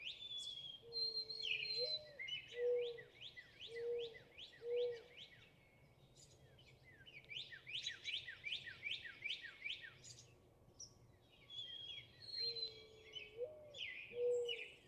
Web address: birdsongforthecurious Northern Cardinal